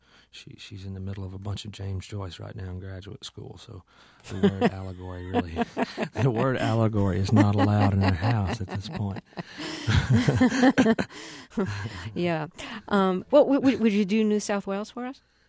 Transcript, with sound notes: She's in the middle of a bunch of James Joyce right now in graduate school, so the word allegory really...
(LAUGHTER)
The word allegory is not allowed in the house at this point.
(LAUGHTER)
Yeah, would you do "New South Wales" for us?